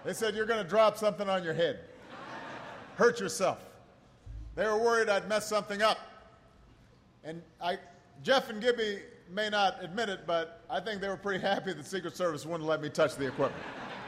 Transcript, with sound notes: They said, you're going to drop something on your head, hurt yourself. (Laughter.) They were worried I’d mess something up. And Jeff and Gibby may not admit it, but I think they were pretty happy the Secret Service wouldn't let me touch the equipment.